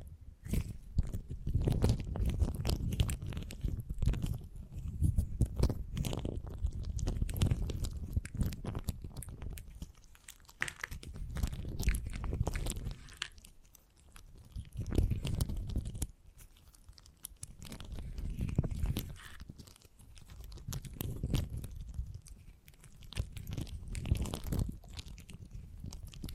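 Beeswax is squeezed and worked by hand, giving dense, sticky crackles and soft crunching pops over a low, muffled rumble. The handling comes in bursts of a few seconds, with quieter gaps near 10, 14 and 20 seconds before it picks up again.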